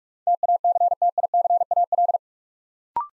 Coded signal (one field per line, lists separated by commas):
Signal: Morse code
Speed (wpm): 44 wpm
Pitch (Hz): 700 Hz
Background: none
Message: TACTICAL